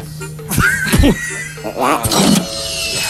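An elevator jamming: a steady low motor hum broken by three sharp mechanical clunks, with a strained whine gliding upward and some grinding rattles in between.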